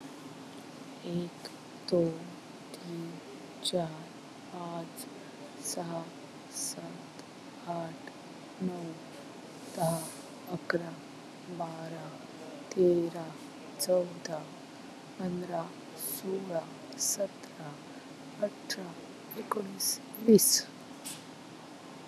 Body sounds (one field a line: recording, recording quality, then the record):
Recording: counting at a normal pace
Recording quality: excellent, no background noise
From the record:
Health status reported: COVID-19 positive, mild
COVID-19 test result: positive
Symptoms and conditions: cough, cold, fever, muscle pain, hypertension, diabetes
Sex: female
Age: 49 years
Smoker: not ticked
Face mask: not worn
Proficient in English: yes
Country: India